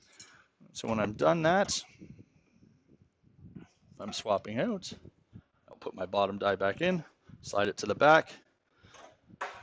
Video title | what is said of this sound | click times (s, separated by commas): GW PT 331SCC Air Blade Adjustment and Cleaning | and you'll hear a click | 9.4 s